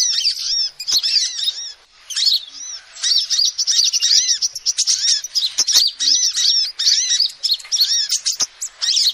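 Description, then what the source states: Lovebird chatter: high, rapid chirping and squeaking in dense bursts with short gaps, and a few sharp ticks. Calls used as a lure (pikat) to trap birds.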